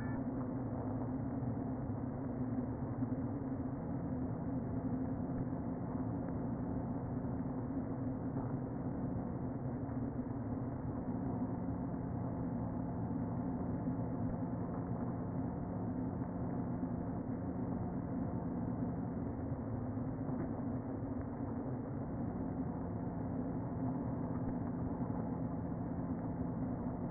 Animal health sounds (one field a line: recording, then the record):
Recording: honeybee colony, microphone inside the hive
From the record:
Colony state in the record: queen present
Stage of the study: before two queens were removed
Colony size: about 60,000 bees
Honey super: yes